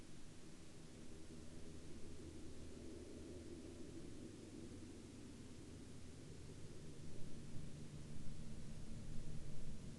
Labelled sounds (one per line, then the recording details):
aircraft
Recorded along the Dempster Highway, Canada, on 13 October 2019 at 18:41
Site 16